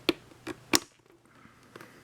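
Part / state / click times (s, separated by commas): wiring harness plug into motorcycle engine control unit / seated / 0.8 s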